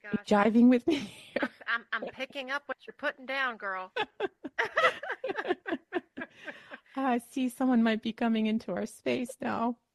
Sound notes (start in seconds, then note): 1.3 laughs; 4.0 laughs